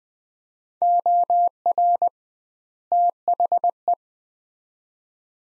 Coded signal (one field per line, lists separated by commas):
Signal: Morse code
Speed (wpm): 20 wpm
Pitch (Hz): 700 Hz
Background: none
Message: OR THE